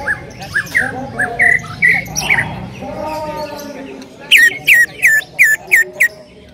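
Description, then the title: Bird song of short, sharp, downslurred notes. Scattered phrases give way to a loud run of six quick chirps near the end, with quieter lower tones underneath. "Kicau Burung"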